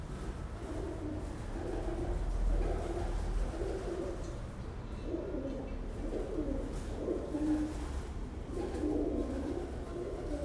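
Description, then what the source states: Pigeon coos, soft low gurgling phrases repeated throughout, with a constant low hum underneath. Several pigeons in an abandoned sculpture at a former fire station in the Imperial Shipyard, Gdańsk, Poland.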